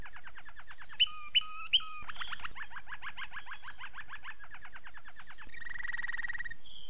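Domestic canary song made of quick repeated chirping trills, three sharp high notes near the start, then a steady buzzing tour at the end.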